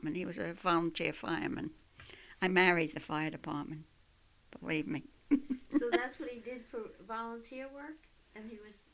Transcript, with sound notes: He was a volunteer fireman. I married the fire department, believe me. ( she laughs )
So that's what he did for volunteer work, and he was...